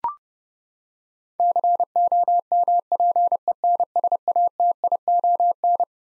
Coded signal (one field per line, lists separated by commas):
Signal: Morse code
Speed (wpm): 32 wpm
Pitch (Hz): 700 Hz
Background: none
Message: COMPENSATION